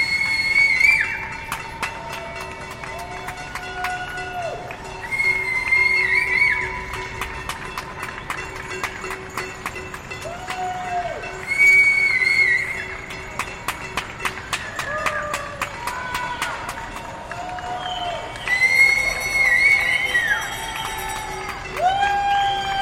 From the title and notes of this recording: Recording of New Yorkers at their windows cheering essential workers at 7pm. Washington Heights, Cabrini Blvd and 190th Street.